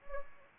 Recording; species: mosquito wingbeat signal from an infrared sensor; Anopheles gambiae